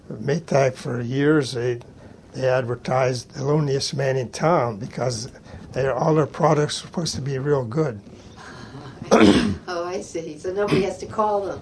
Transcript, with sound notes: Maytag for years -- they advertised the loneliest man in town because their -- all their products supposed to be real good. [clears throat]
Oh, I see, so nobody has to call them.